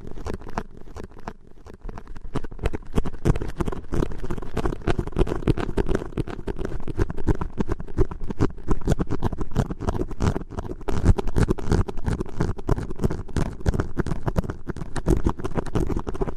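Rapid tapping and scratching runs continuously for the full sixteen seconds, a dense stream of short, irregular clicks over a steady low rumble. The first two seconds are quieter and sparser, then the tapping thickens and stays busy without pause.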